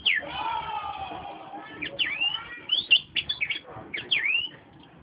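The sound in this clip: Oriental magpie-robin song of quick swooping slurs and chirps, over background noise.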